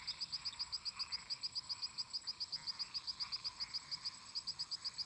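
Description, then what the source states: Frogs and toads: many frogs calling: a fast, regular train of bright clicking notes, roughly four each second, layered over a thick background chorus. Many toads and frogs calling together in a marsh.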